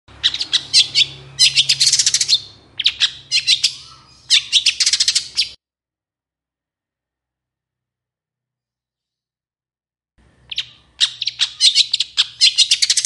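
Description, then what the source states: Long-tailed Shrike song: fast bursts of harsh, scratchy chattering notes, then a silence of several seconds before the chatter starts again over a low hum. Long-tailed shrike in full, varied song with 'toet toet' notes, recorded in the morning; meant to make other shrikes respond and sing.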